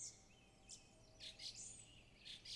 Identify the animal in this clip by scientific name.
Turdus philomelos